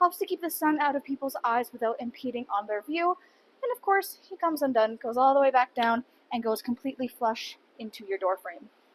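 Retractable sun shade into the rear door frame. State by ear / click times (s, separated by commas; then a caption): not seated / none. A built-in retractable sun shade on the rear door of a 2021 Toyota Highlander Platinum is handled: it is unhooked from its top latch to retract back down flush into the door frame. Only someone talking is heard throughout. Nothing has seated or clicked yet.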